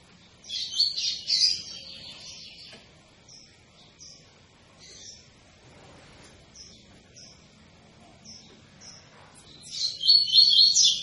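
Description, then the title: Double-collared seedeater song: bright, rapid high twittering phrases around the start and end, with a few short scattered notes between them and long quiet gaps. Tui-tui song style, sung as a tutor song for teaching young birds. "COLEIRO TUI TUI FIBRA"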